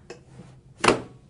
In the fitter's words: you can hear that really positive click and basically what's happening is